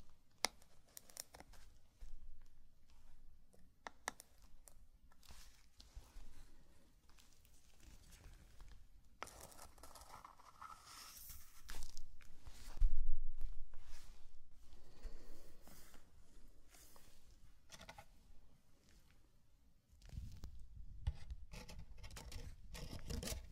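Sand in a zen garden is raked and brushed, giving soft rasping and crinkling strokes that come and go in uneven bursts. The scraping grows louder and fuller around the middle, with scattered light taps, and a thicker rubbing texture returns over the last few seconds.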